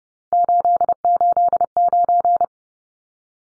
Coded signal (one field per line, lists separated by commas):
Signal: Morse code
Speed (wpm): 30 wpm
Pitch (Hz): 700 Hz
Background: none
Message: 889